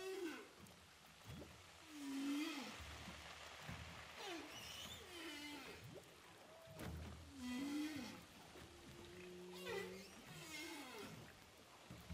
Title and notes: Baleines à bosse enregistrées à l'hydrophone DPA au large de saint Paul de la réunion